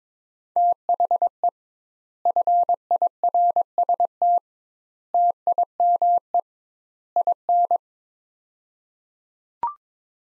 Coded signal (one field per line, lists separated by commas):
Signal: Morse code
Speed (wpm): 22 wpm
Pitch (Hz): 700 Hz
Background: none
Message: THE FIRST TIME IN